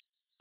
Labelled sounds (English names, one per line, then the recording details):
Yellowhammer song
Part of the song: start
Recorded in the Czech Republic on 21 July 2013
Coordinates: 49.965, 17.033
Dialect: XlB
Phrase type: D43
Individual 319548